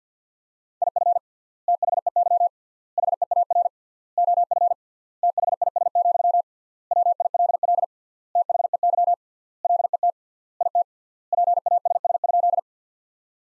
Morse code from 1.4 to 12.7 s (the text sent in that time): THEY HEAR OF THIS, WILL THEY LET IT PASS?